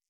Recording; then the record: hydrophone in a shrimp aquaculture tank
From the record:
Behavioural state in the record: stressed